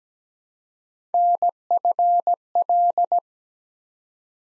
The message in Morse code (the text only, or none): NFL